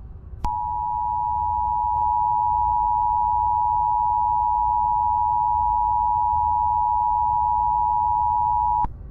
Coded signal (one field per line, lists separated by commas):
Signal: Emergency Alert System (SAME) tones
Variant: 853 and 960 Hz attention tone